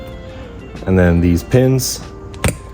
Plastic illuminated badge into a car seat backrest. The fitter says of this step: snap right into the uh the seat